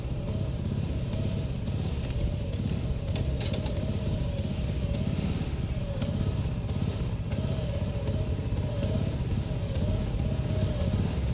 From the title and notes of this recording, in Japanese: 機械音あり 天日干し米たちの脱穀。地主さんに譲っていただいた年代モノの脱穀機頑張ってくれています。干していた藁束を機械でモミだけにする作業です。